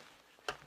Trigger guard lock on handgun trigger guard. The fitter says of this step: It locks in place. It stays secured